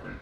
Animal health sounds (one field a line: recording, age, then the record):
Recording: pig call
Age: growing-finishing pig (85 days or more)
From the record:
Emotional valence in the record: positive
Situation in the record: run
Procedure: transit